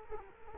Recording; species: mosquito wingbeat signal from an infrared sensor; Culex quinquefasciatus